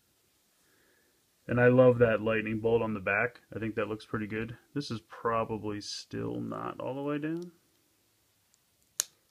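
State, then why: Seated. Someone talks about a plastic armor piece on an action figure that is not fully down, then pushes it home onto the figure's body. A sharp, loud snap at 9.0 s shows the armor piece has seated into place.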